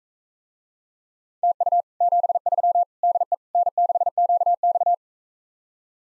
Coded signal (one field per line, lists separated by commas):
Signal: Morse code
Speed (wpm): 44 wpm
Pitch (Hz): 700 Hz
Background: none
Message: TU 73 DE N6QX